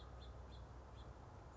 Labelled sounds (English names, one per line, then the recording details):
House Finch
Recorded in Sonoma County, California